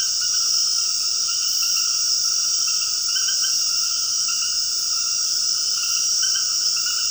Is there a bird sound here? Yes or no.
no